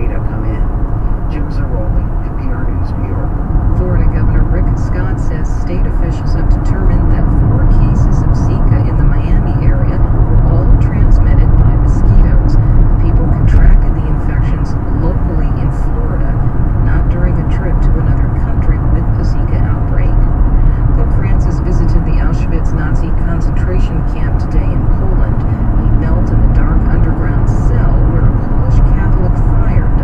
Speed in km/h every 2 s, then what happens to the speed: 95, 97, 98, 99, 97, 97, 99, 99, 96, 96, 97, 97, 99, 101, 102.
0-30 steady at about 97.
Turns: none.